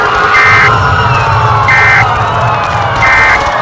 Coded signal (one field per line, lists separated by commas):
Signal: Emergency Alert System (SAME) tones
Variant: end-of-message bursts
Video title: EAS Scenario - Red Moon's Revenge (Little Preview)